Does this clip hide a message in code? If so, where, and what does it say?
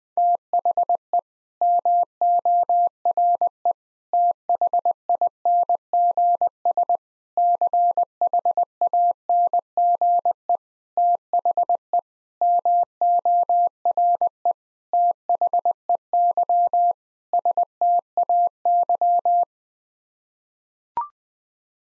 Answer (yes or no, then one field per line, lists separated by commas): yes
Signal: Morse code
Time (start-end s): 0.2-19.4 s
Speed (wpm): 20 wpm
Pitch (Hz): 700 Hz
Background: none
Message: THE MORE THINGS CHANGE THE MORE THEY STAY